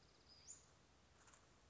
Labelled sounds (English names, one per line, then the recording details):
Western Flycatcher
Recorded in Sonoma County, California